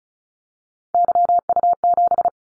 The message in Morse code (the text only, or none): YU7